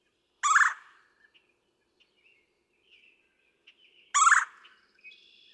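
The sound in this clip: Red-bellied woodpecker: two rough rolling churrs roughly four seconds apart, separated by soft scattered bird chirps and a thin whistle at the end.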